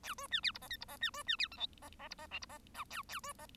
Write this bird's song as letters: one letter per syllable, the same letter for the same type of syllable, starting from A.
A B C D E F G E F C B C D H I F F E F J E F K A A B F